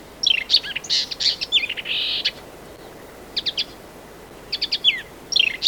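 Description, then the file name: Marsh warbler song in bursts: dry chatters, a buzzy rasping note and quick clicking phrases, separated by short silences. "Marsh Warbler (Acrocephalus palustris)"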